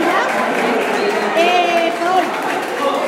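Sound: crowd applauding and cheering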